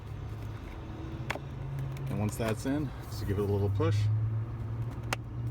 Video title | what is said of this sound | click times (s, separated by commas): 🚗 🚕 How To Change or Replace 2010 Prius Cabin Air Filter 2010, 2011, 2012, 2013, 2014, 2015 | and you hear a little click and that's it the air filters in all right | 5.1 s